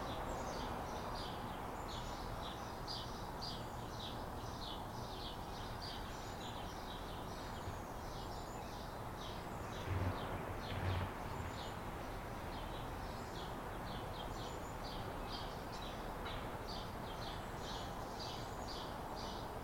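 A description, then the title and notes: Backyard sounds: rapid high chirping repeats steadily over a constant low rumble, with two brief low thumps around ten and eleven seconds. Maple Leaf 4:55 AM. Recorded in our backyard.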